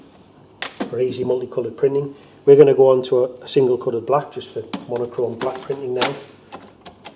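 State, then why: Seated. A new single-colour black ribbon cartridge is pushed into its holder in the lid of a Brady BBP35/BBP37 industrial label printer while someone talks. Two short plastic clicks are heard at 6.9 s and 7.1 s as the cartridge pops into place and seats.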